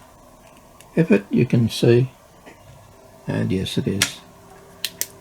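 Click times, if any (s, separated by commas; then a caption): 4.9 s, 5.0 s. During re-assembly of the tape transport of a Nakamichi 1000ZXL cassette deck, with its front panel also being re-assembled, the lower arm of the transport mechanism is pushed into position while someone talks. Two sharp, loud clicks follow at 4.9 s and 5.0 s as the arm seats into the transport assembly, confirmed in the right spot.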